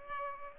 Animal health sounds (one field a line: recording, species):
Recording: mosquito wingbeat signal from an infrared sensor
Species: Culex pipiens